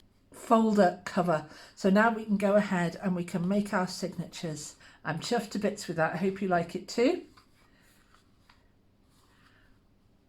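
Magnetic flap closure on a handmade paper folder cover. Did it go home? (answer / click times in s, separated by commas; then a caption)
yes / 8.5 s. Someone talks for about seven seconds, then in the quiet the flap of a handmade paper and card mini folder cover is closed so its glued-in magnets meet. A faint tick comes just before the magnetic clasp snaps shut with a short, sharp click at 8.5 s, and the flap is held closed.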